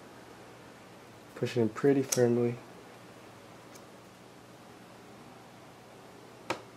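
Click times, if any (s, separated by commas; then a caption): 6.5 s. A second RAM memory module is pushed in firmly into the memory slot of an aluminum 21.5-inch iMac while someone talks briefly. After a quiet stretch, it snaps home with a single sharp click at 6.5 s, fully seated.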